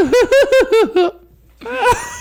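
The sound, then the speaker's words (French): A voice imitates a coy Scooby-Doo cartoon dog laugh: five quick, rising-falling voiced hiccups in a rapid burst, a brief pause, then one more drawn-out, warbling laugh sound. “Et sur ma feuille, c'est écrit rire coquet / Scooby-Doo.”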